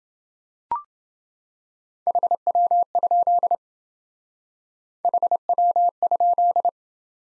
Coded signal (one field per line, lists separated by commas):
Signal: Morse code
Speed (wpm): 27 wpm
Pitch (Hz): 700 Hz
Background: none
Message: HW? HW?